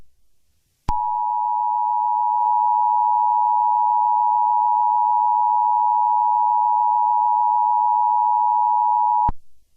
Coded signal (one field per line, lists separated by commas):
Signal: Emergency Alert System (SAME) tones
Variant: 853 and 960 Hz attention tone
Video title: This video is more than 100 MB in size. EAS Scenario: Drench Valley Sneak Peek